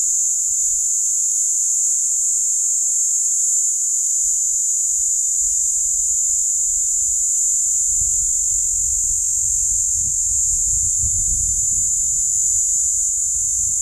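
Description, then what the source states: Cicada song: a continuous, shrill, even drone without pauses, with low wind buffeting that grows stronger toward the end. Platypleura plumosa, recorded at Steytlerville.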